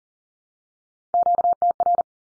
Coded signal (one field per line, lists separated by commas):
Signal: Morse code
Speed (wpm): 40 wpm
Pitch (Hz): 700 Hz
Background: none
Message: QTR